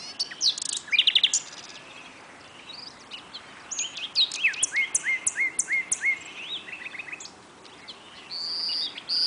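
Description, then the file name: Common nightingale song with rapid buzzy trills at the start, then a series of short rising notes repeated several times and a final burst. "Luscinia megarhynchos"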